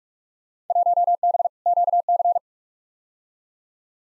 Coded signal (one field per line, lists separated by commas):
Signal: Morse code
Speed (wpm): 42 wpm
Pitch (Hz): 700 Hz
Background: none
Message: 1B QC